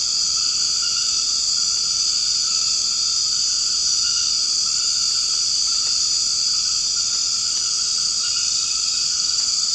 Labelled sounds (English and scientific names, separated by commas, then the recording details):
none
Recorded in secondary vegetation near Puerto Asís, Putumayo, Colombia, on 24 March 2025 at 21:30
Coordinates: 0.502, -76.326
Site G100